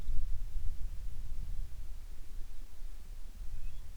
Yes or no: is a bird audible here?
yes